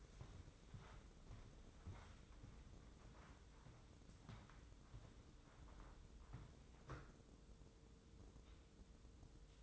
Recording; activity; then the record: daily activity, microphone in the room; walk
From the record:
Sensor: 3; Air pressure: 995.9 hPa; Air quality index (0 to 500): 248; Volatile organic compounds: 1000 ppm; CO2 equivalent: 6340 ppm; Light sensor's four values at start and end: 48/110/50/55 and 42/104/45/49